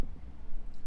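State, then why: Not seated. An Airstream RV entry door with a metal rotary latch is handled as it is pushed toward the striker bolt, heard only as a soft low rumble and faint handling noise with no sharp transient. Nothing has seated or clicked yet; the latch's second stage on the striker bolt has not engaged and the door is not fully latched.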